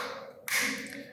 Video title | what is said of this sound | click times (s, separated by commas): Overhead Door O3T-A Garage Remote Battery Replacement (Quick & Easy!) | All we need to do now is click this back together. | 0.5 s